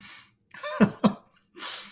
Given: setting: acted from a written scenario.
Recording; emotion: vocal sound without words; elation